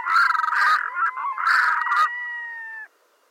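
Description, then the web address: Red-throated loon calling: two bursts of harsh, rapid cackling notes, then a drawn-out, steady wailing tone lasting under a second. "LYD SMAALOM. red throated diver"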